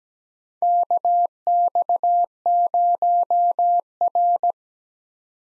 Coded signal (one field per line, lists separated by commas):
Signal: Morse code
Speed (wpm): 17 wpm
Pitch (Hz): 700 Hz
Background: none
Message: KX0R